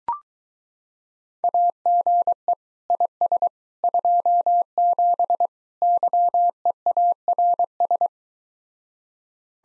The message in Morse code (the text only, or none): AGE IS 27 YEARS